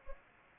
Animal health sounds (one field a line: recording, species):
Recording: mosquito wingbeat signal from an infrared sensor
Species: Anopheles gambiae